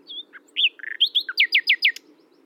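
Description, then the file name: Common nightingale song opening with a thin whistle and scratchy notes, followed by a rapid run of loud, identical down-slurred chips. "Luscinia megarhynchos"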